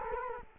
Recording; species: mosquito wingbeat signal from an infrared sensor; Culex quinquefasciatus